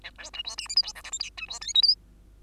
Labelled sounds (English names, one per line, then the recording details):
Bengalese Finch song
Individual Bird2